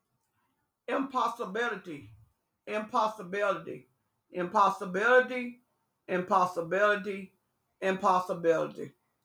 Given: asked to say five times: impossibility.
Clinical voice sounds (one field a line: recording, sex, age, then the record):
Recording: repeated word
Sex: female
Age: 60 to 69 years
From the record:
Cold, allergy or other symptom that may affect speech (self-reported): no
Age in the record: 61 years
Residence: Alabama, United States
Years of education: 14